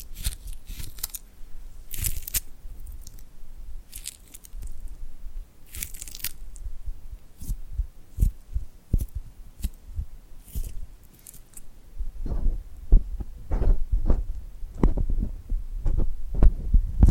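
Tingly glued hand sounds: sticky, crackling peels and soft rubbing with bright hissy bursts scattered through the first twelve seconds. After about twelve seconds the handling grows busier, with frequent dull thumps and quick clicks at a faster, uneven pace.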